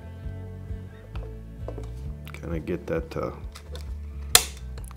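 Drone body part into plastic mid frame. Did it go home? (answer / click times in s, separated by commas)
yes / 4.4 s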